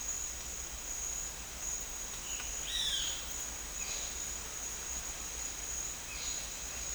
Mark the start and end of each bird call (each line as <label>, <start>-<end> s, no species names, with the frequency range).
bird call (1.4-6.4 kHz), 2.66-3.10 s